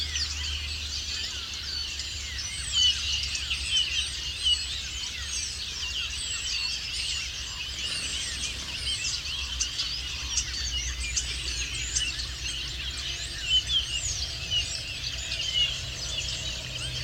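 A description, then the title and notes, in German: A large flock of starlings chatters in a dense, unbroken mass of whistles, clicks and squeaks, high and bright, with a few louder calls standing out now and then. A low, steady rumble runs underneath throughout. Stare in der Lehmgrube Marloffstein (am Morgen; Kopfhörerfassung). Die Stare sind am Morgen noch lauter als am Abend.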